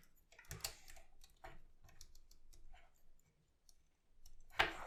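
A stiff plastic tab on a Transformers x G.I. Joe Bumblebee transforming robot action figure is pushed into its slot, with clicky plastic handling sounds early on as the tab resists going in. It finally seats with a sharp, loud click at 4.6 s.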